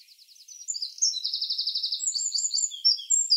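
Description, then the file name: Eurasian wren song already under way: quick high notes leading into a sustained rattling trill, then a jumble of sharp twittering notes. "Troglodytes troglodytes"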